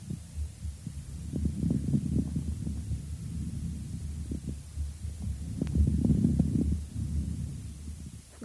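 Two rough, low-pitched breath cycles over the right lung are crowded with many brief popping and bubbling clicks of mixed size: coarse and medium non-resonant moist crackles with harsh breathing, typical of diffuse bronchiectasis due to chronic bronchitis.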